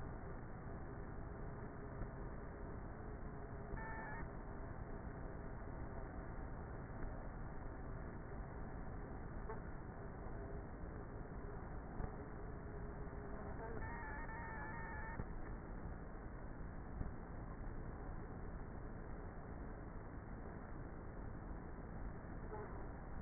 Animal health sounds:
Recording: honeybee colony, microphone inside the hive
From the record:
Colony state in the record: queenless with a low population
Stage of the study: before two queens were removed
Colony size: about 30,000 bees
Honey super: no

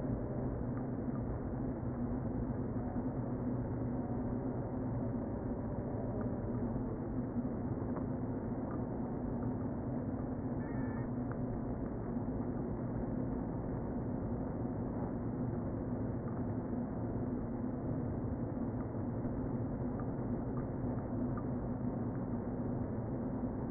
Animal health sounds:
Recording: honeybee colony, microphone inside the hive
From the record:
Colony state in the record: queen present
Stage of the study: before two queens were removed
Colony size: about 60,000 bees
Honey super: yes

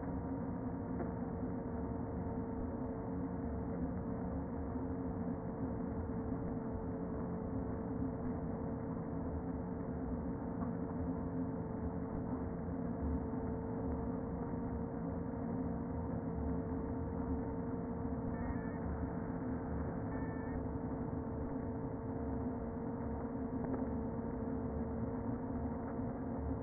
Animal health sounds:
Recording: honeybee colony, microphone inside the hive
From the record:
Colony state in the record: queen present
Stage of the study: before two queens were removed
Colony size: about 60,000 bees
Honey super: yes

